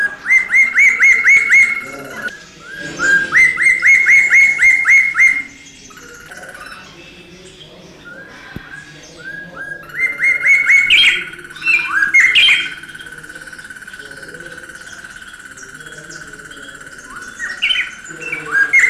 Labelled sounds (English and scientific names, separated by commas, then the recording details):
White-browed Robin-Chat (Cossypha heuglini) song
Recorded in captivity
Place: Zoo Berlin, Berlin, DE
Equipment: Halbspur, 9,5 cm/s
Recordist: Lütgens, Hans